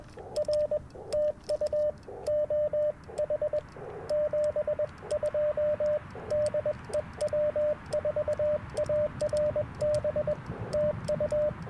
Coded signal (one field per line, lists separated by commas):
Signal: Morse code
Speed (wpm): 21 wpm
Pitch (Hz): 600 Hz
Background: radio noise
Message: R TU OH 72 DE W4ARB TU